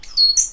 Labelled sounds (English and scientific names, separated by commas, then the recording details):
Stitchbird (Notiomystis cincta) song
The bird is a male
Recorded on Tiritiri Matangi Island, New Zealand, in 2005
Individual 12, of nest box 16